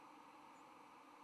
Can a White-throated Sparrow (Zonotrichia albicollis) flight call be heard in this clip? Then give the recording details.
no. Another species' flight call is heard. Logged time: 05:08 on 10 November 2014